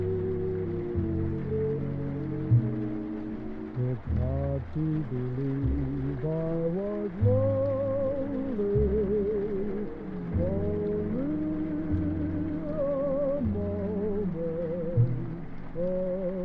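Oldies music plays in another room, a warbling singing voice over a steady bass line, with rain hissing softly and constantly underneath.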